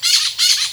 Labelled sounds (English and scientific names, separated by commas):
Brown-throated Parakeet (Eupsittula pertinax) contact call